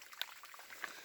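A plastic fitting on a gravity bag's hose is pushed into a water filter and snaps into place at 0.2 s with a sharp, bright click, which shows it is secure. Faint watery trickling runs underneath, and a second, softer click follows at about 0.8 s.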